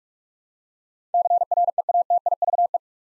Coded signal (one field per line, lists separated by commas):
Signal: Morse code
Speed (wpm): 47 wpm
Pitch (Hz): 700 Hz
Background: none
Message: CREATIVE